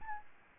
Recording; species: mosquito wingbeat signal from an infrared sensor; Aedes albopictus